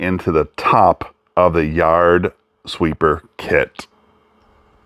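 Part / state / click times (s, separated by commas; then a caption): hook-up piece going into the top of a robotic mower yard sweeper kit / not seated / none. A hook-up piece is handled at the top of an EcoFlow Blade robotic mower yard sweeper kit, about to be pushed in until it clicks. Someone talks for most of the clip, followed by a near-silent stretch and a brief sharp sound at 4.9 s as it ends. Nothing has seated or clicked yet.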